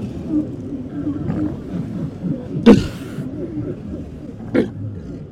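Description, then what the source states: Walrus grunts rumble continuously, broken by two sharp rasping roars, the first stronger than the second. Recorded in Svalbard.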